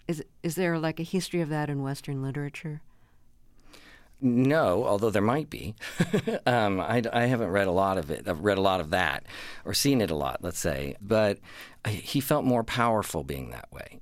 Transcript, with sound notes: is there, like, a history of that in Western literature?
No, although there might be (laughter). I haven't read a lot of it, of - read a lot of that or seen it a lot, let's say. But he felt more powerful being that way.